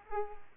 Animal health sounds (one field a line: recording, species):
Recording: mosquito wingbeat signal from an infrared sensor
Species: Culex quinquefasciatus